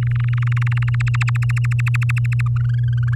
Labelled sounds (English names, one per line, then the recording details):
Domestic Canary song
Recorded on 7 May 2018 at 14:34
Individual llb16